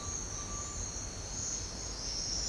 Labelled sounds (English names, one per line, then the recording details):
Cinereous Tinamou
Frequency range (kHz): Cinereous Tinamou 0.6-1.5 kHz
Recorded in secondary vegetation near Puerto Asís, Putumayo, Colombia, on 13 March 2025 at 09:00
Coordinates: 0.484, -76.319
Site G010